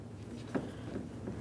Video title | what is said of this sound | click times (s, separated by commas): How to Install Performance Headlights 1998-2002 Lincoln Navigator | get this aligned press it in as well listen for a click make sure that's secured | 0.5 s